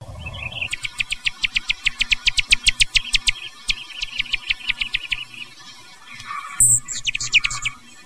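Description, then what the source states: Allen's hummingbird calls: a rapid run of sharp high ticks for about five seconds, then a few squeaky notes. Nocturnal flight call.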